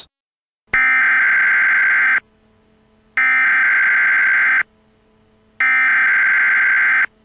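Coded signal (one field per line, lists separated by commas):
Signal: Emergency Alert System (SAME) tones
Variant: header bursts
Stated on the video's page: Joke meme EAS alert, not real.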